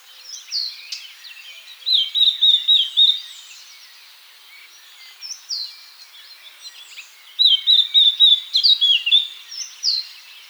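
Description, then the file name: Eurasian blackcap singing two phrases a few seconds apart, each a scratchy warble rising into loud, clear whistled notes, with softer chatter between. "Sylvia atricapilla"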